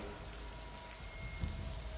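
Heavy rain pounds steadily on a tin roof in cold, biting air, a dense, unbroken clatter of drops with a brief sharper knock near the end; no voices.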